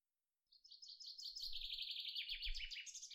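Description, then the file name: Common chaffinch song, a run of high, rapid trilled notes, cut off before the end, with brief low rumbling noise underneath. "Fringilla coelebs"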